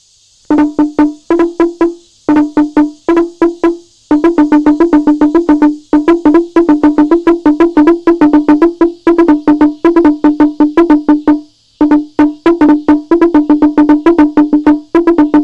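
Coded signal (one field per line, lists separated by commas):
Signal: talking drum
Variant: Kimanga slit drum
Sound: fast wooden drum strokes at two low pitches in rhythmic phrases with short pauses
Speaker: so this drum message says don't forget that promise come quickly to the house of god well you'll perhaps like to hear that full message so here it is you'll have to take my word for it but this is this is what the message sounds like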